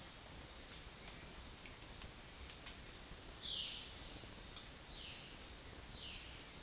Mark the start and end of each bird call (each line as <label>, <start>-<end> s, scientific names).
Cyanocorax violaceus, 3.39-3.93 s
Cyanocorax violaceus, 4.82-5.37 s
Cyanocorax violaceus, 5.87-6.37 s